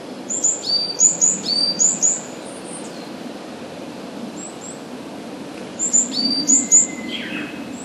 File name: varied tit